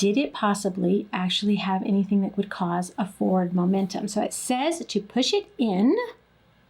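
Someone talks while a plastic yellow LEGO toy arrow is handled at a bow launcher piece, about to be pushed in until it latches. The clip is almost entirely speech and ends just before the arrow goes home; nothing has seated or clicked yet.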